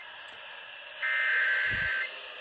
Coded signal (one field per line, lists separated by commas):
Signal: Emergency Alert System (SAME) tones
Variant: header bursts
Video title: Flash Flood Warning (EAS #661)